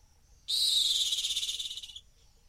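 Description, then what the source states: Rock hyrax giving one harsh, high, pulsing shriek lasting about one and a half seconds, fading out at the end, over quiet background. Calling from the edge of a gorge in the Masai Mara.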